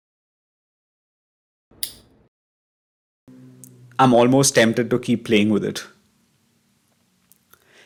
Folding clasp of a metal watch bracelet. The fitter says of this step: and closes with a satisfying click